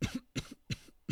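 Three short, sharp adult cough bursts come in quick succession, about a third of a second apart, with the start of a fourth at the end. Each has an explosive onset and a brief throaty tail. A plain repeated cough.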